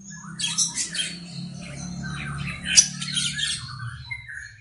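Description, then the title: Oriental magpie-robin singing a dense run of harsh, scratchy, high-pitched notes with one sharp click, over a steady low hum. "Kacer"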